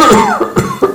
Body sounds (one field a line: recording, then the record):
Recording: coughing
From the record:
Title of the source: Mid-morning Winter Coughing Fit